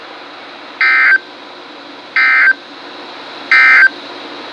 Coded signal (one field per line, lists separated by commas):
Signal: Emergency Alert System (SAME) tones